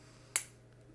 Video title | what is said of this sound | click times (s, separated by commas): 10 Affordable Cold Weather Men's Fragrance STUDS for 2023 | Clicks into place pretty nice, so | 0.4 s